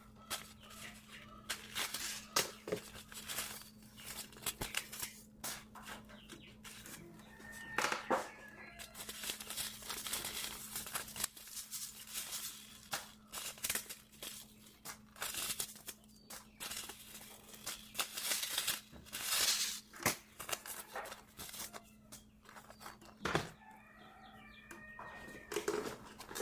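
Packets of seeds are being sorted, with frequent crisp rustles and papery shuffles, some in quick bursts and others spaced apart. A steady low hum runs underneath throughout. Brief chirpy, clucking sounds appear around eight seconds and again near the end.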